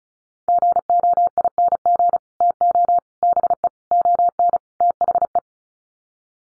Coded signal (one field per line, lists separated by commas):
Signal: Morse code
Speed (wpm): 34 wpm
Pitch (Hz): 700 Hz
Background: none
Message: GOING TO BE ON THE